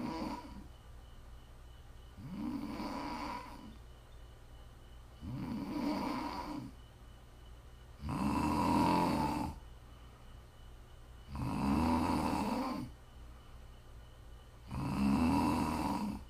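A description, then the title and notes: Regular loud snores roughly every three seconds, each a low rumbling burst over a faint steady hum. Please enjoy some prime ASMR snoring.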